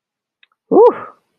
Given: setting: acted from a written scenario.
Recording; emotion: vocal sound without words; relief